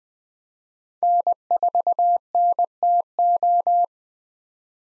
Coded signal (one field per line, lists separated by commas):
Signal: Morse code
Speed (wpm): 20 wpm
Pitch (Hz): 700 Hz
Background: none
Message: N4NTO